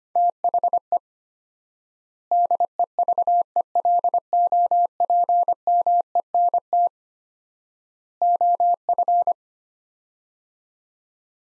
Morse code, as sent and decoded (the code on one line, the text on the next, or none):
- .... . / -.. . ...- . .-.. --- .--. -- . -. - / --- ..-.
THE DEVELOPMENT OF